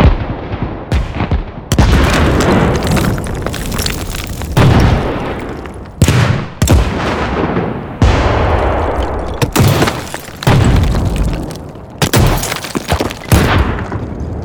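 A run of heavy explosions and mortar blasts, each one hitting sharply and then rumbling away in a long, deep tail. About eight blasts come roughly every one to two seconds, some overlapping so the roar barely settles between hits.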